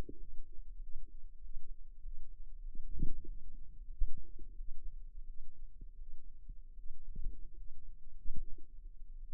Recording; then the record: forearm muscle sounds (acoustic myography)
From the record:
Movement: finger pinch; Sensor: system 2, bracelet of six BSWA MPA416 microphones around the upper forearm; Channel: 3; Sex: female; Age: 23 years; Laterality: right